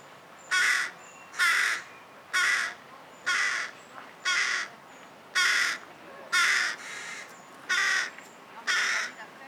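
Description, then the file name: Carrion crow uttering a series of nine harsh caws, evenly repeated roughly once per second, each short and grating, with a quiet hiss behind. "Corvus corone"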